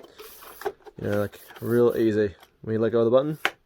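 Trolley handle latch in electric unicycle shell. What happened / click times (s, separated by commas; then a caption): Handled, not yet home: the latch has not clicked into place / none. Someone talks while handling the refitted telescopic trolley handle on a Kingsong electric unicycle, raising it and letting go of the release button as brief rubbing and tapping handling sounds come through around 0.6 to 0.8 s. The clip ends before the trolley handle latch in the shell goes home; nothing has seated or clicked yet.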